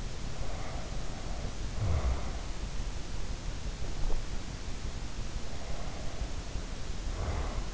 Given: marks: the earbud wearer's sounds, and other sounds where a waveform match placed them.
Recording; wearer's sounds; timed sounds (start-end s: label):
sounds in sleep by an in-ear microphone; snoring breath, breath
0.30-2.63 s: snoring breath
5.42-7.74 s: breath